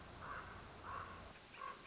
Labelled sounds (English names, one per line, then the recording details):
Common Raven
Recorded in Sonoma County, California